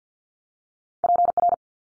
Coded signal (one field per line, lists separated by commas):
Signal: Morse code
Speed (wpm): 53 wpm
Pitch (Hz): 700 Hz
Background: none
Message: PR